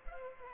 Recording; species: mosquito wingbeat signal from an infrared sensor; Culex pipiens